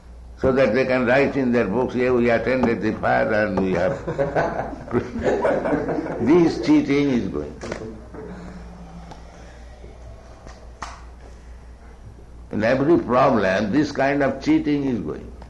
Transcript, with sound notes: so that they can write in their books, "Here we attended the fire and we have..." [laughter] This cheating is going on. In every problem, this kind of cheating is going